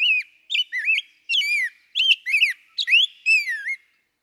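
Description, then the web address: Rose-breasted Grosbeak song, a rich run of sweet whistled notes that rise and fall in quick slurred phrases with brief gaps. "birdsongforthecurious songs Rose-breasted Grosbeak"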